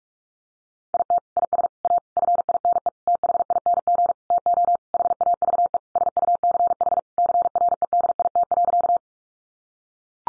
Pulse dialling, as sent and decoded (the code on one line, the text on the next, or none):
none